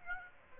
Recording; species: mosquito wingbeat signal from an infrared sensor; Aedes aegypti